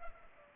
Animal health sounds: mosquito wingbeat signal from an infrared sensor; Culex pipiens

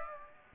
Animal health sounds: mosquito wingbeat signal from an infrared sensor; Aedes aegypti

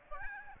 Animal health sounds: mosquito wingbeat signal from an infrared sensor; Aedes albopictus

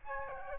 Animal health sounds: mosquito wingbeat signal from an infrared sensor; Aedes albopictus

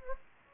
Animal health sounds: mosquito wingbeat signal from an infrared sensor; Anopheles gambiae

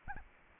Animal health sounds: mosquito wingbeat signal from an infrared sensor; Anopheles arabiensis

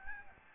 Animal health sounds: mosquito wingbeat signal from an infrared sensor; Aedes albopictus

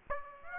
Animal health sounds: mosquito wingbeat signal from an infrared sensor; Aedes aegypti

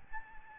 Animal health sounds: mosquito wingbeat signal from an infrared sensor; Aedes albopictus

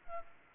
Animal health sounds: mosquito wingbeat signal from an infrared sensor; Anopheles arabiensis

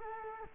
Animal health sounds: mosquito wingbeat signal from an infrared sensor; Culex quinquefasciatus

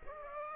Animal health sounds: mosquito wingbeat signal from an infrared sensor; Aedes aegypti

